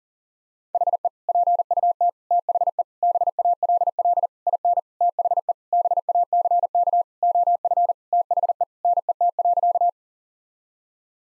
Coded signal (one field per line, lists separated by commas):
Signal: Morse code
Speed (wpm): 40 wpm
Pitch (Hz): 700 Hz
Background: none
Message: HE PUT THE BALL IN THE BACK OF THE NET.